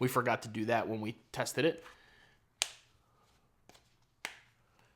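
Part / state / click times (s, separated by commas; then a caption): phone case corner onto smartphone / seated / 2.6 s, 4.2 s. Someone talks, then presses the corners of a leather-and-plastic Bullstrap FRWD case onto an iPhone 15 Pro Max so each corner snaps over the phone's edge. Two sharp clicks at 2.6 s and 4.3 s, with a faint tick between them, show the case corners seating on the phone.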